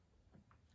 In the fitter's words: click right in place there